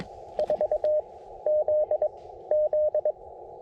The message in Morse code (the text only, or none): 4ZZ